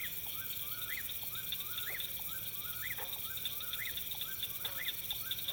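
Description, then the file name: Whistled Eastern whip-poor-will song, a clear phrase ending in an upward sweep, given roughly every second against a shrill buzzing insect drone. Summer dusk in a farm field, June 24, 2017; recorded with a Rode NTG2 microphone and Sound Devices 702 recorder. "Summer Dusk Whipporwhill Farm Field 41 hz Rode NTG 2 Sd 702 June 24 th 2017"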